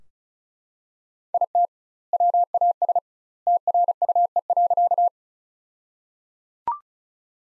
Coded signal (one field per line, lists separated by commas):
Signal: Morse code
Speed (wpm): 34 wpm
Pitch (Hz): 700 Hz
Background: none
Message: IT WAS TRUE.